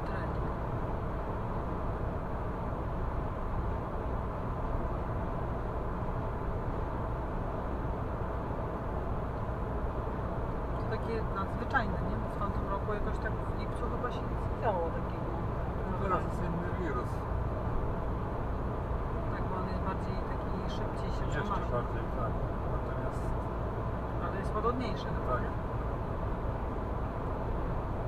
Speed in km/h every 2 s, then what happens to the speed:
106, 106, 106, 106, 105, 105, 105, 105, 105, 105, 105, 105, 105, 105.
0-28 steady at about 105.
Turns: none.